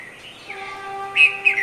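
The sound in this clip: Red-vented bulbul song, a brief burst of bright, slurred notes near the end over a steady low electrical hum.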